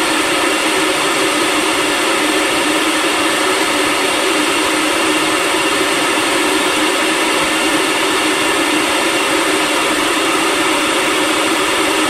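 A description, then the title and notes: A kettle hums and hisses at a steady level throughout, a dense, bright rushing sound with no breaks or changes, and little low rumble beneath. Kettle and hum. Recording by Mark Bodah, Amherst MA.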